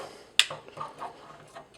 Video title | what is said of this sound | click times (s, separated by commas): Toy Review: Unique Toys (UT) Troll | and see how everything just locks into place too it's freaking crazy | 0.4 s